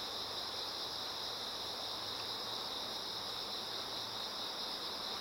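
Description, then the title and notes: Insects in a steady chorus, a continuous high shimmering drone that never breaks, over a constant wash of flowing water. Many insects singing in chorus beside a slowly flowing river. "流れる川の音、虫の歌声. 川がゆっくり流れる音にのせて、虫たちが合唱する"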